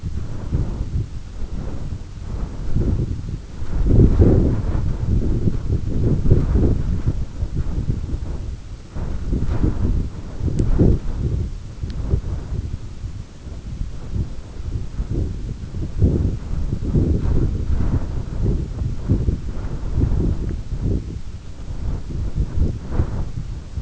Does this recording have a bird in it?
no